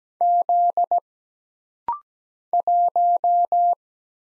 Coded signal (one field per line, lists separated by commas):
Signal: Morse code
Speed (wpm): 17 wpm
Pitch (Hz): 700 Hz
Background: none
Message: Z 1